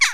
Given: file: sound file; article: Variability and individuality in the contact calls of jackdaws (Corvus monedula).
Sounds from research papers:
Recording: jackdaw call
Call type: harmonic

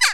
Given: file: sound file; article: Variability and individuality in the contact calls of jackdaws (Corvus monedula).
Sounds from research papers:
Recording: jackdaw call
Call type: harmonic

